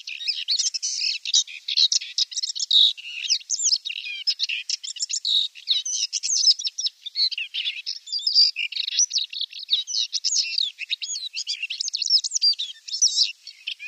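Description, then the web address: Paddyfield warbler delivering an unbroken, hurried warble of mixed chirps, buzzy notes and quick whistles, sustained energetically for the whole stretch. "Paddyfield Warbler song"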